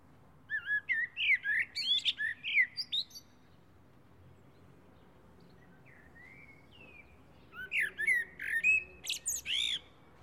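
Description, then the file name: Common blackbird song, rich mellow whistled phrases with slurred notes and high thin squeaks, two bursts a few seconds apart with a quiet gap between. "Turdus merula"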